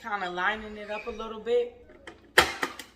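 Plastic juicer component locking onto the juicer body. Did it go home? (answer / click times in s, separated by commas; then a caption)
yes / 2.4 s. A plastic juicer piece is lined up and then locked onto the juicer body while someone talks. After a few faint ticks, a sharp click at 2.4 s shows the piece seating into place, followed by a couple of softer clicks.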